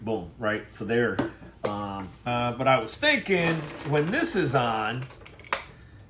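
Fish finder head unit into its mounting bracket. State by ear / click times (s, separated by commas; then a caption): seated / 5.5 s. A fish finder head unit is pushed back onto its plastic mounting bracket while someone talks, and it clips on with a sharp click at 5.5 s, seated. A few faint ticks just before lead up to the click.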